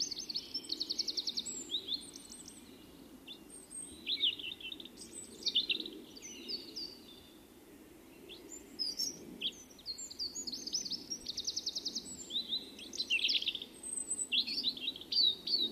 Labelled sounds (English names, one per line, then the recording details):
European Robin song
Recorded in the wild
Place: Kaiserslautern, Rheinland-Pfalz, DE
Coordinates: 49.4403, 7.749
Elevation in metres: 261
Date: 1977-03-09
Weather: warm, sunny
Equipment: Nagra IV, Sennheiser MKH 435, Parabolreflektor
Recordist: Tretzel, Erwin